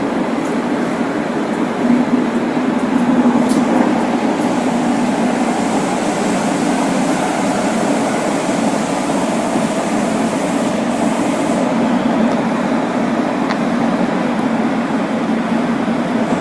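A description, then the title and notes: Inside a subway train running steadily, a dense low rumble and whir of motors and wheels holds level, with faint clicks and a brief squeal. 大阪市営地下鉄時代の今里筋線の全区間走行音. Travel sound Osaka city municipal subway Imazatosuji line.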